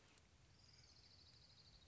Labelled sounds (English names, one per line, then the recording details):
Orange-crowned Warbler
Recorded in Sonoma County, California